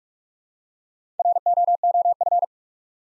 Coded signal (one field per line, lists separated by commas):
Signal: Morse code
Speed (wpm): 44 wpm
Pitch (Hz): 700 Hz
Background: none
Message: ROOF